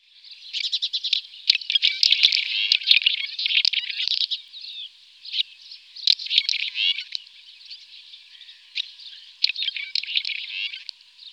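Red-rumped swallow chattering in bursts, dense scratchy twitters rising and falling in loudness with pauses between.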